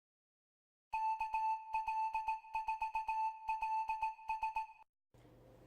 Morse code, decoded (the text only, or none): KL4LS